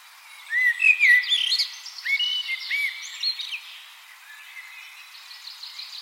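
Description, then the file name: Common blackbird delivering a few fluty whistled notes with squeaky trills, then fading into quieter high twittering. "Turdus merula"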